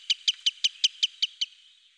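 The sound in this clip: Green sandpiper giving a fast, even series of eight sharp whistled notes, about five per second, ending in silence.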